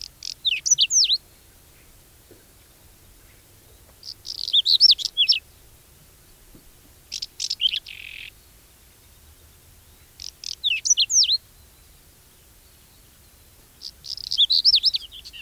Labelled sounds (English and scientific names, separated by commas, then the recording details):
Whinchat (Saxicola rubetra) song
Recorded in the wild
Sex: male
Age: adult
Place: Neunkirchen am Brand, Bayern, DE
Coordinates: 49.6036, 11.1381
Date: 1964-06-20
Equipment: Nagra, Original, Vollspur
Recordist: Tretzel, Erwin
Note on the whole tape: Neunkirchen am Brand (Ortsausgang Richtung Kleinsendelbach): Braunkehlchen imitiert: Grauammer, Stieglitz und Nachtigall-Strophe und "krrr"